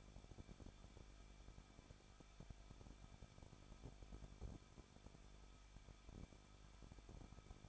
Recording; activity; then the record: daily activity, microphone in the room; no activity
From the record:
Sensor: 5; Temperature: 20.8 degrees Celsius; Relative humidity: 38.3%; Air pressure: 1006.6 hPa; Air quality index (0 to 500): 185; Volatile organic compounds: 17 ppm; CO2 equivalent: 2591 ppm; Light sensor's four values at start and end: 2/3/1/1 and 2/3/1/1